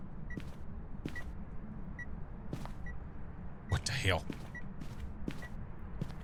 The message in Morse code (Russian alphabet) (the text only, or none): none